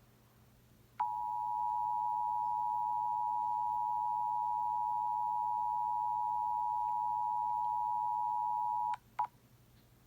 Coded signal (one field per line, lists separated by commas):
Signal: Emergency Alert System (SAME) tones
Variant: 853 and 960 Hz attention tone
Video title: National Emergency Alert System. 10/4/23. [KABC7]